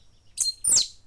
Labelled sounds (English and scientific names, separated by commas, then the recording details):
Stitchbird (Notiomystis cincta) song
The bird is a male
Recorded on Tiritiri Matangi Island, New Zealand, in 2005
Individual 2, of nest box 2